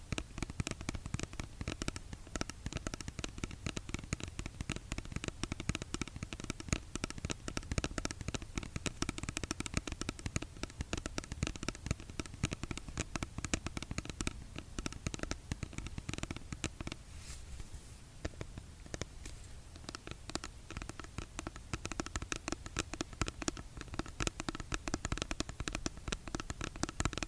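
Rapid tapping on a skincare product, with crisp, sharp clicks packed closely together for the whole stretch. The taps stay fast and fairly even, easing slightly in density between about 17 and 20 seconds before picking back up.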